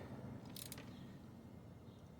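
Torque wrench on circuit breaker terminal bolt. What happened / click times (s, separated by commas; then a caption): The torque wrench clicked at its set torque / 0.6 s. A 7/16 torque wrench set to 250 inch-pounds tightens a terminal bolt on an Eaton BW/CSR circuit breaker connection until it clicks at its setting. A sharp broadband click lands at 0.6 s, with two smaller snaps just after, over a low steady hum. The wrench has reached its torque setting.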